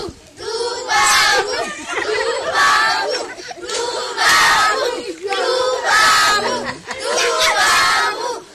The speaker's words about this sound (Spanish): Dubabu solamente significa blanco. Es lo que te gritan los niños cuando llegas a la aldeita y empiezan todos a correr detrás tuya. Dubabu, Dubabu, Dubabu, blanco.